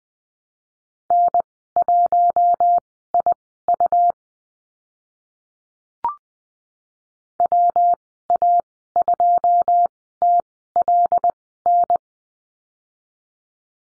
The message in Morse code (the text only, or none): N1IU WA2TLN